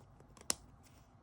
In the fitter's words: hear that click